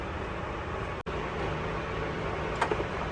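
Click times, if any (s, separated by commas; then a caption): none. The intake air temperature sensor is handled as it is moved into the new intake tube of an AFE Rapid Induction intake on a 2021 Ford F-150 EcoBoost, to be pushed in and twisted until it locks into the housing. Under a steady broadband hiss there is a brief dropout near 1.0 s, then a short sharp tap at 2.6 s followed by a couple of softer knocks. Nothing has seated or clicked yet; the sensor is not yet home.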